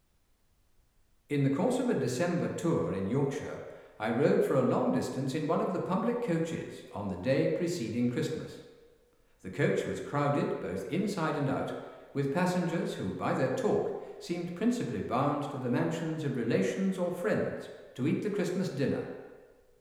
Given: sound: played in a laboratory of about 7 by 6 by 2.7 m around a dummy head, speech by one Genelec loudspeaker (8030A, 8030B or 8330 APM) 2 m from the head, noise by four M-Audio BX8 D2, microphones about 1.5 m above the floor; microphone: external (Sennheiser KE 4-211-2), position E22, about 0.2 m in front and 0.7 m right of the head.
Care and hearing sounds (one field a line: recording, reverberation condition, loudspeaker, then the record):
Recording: male speech in English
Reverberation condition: high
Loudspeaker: 60 degrees to the right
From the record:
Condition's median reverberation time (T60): about 1300 ms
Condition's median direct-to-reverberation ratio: about -4.0 dB